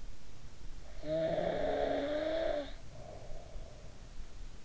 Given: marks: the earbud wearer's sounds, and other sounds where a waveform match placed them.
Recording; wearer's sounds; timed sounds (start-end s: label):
sounds in sleep by an in-ear microphone; snoring breath
0.75-4.15 s: snoring breath